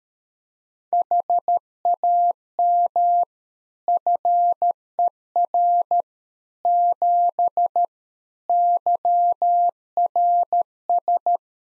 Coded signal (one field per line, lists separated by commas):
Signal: Morse code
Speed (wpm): 13 wpm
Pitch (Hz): 700 Hz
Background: none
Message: HAM FER 7 YRS